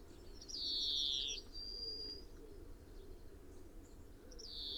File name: Chloris chloris